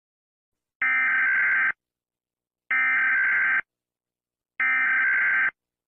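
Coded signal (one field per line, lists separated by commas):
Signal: Emergency Alert System (SAME) tones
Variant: header bursts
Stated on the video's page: Fictional EAS scenario, a simulated alert rather than a real one.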